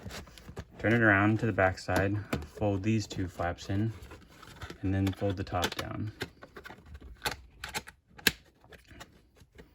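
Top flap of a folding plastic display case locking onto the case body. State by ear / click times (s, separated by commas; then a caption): seated / 8.3 s. Someone talks while turning a folded plastic protective display case for a Pokemon Elite Trainer Box to its back side, folding in the two side flaps and then folding the top flap down. A few soft handling taps follow, then a sharp, loud snap at 8.3 s as the top flap locks onto the case body and seats.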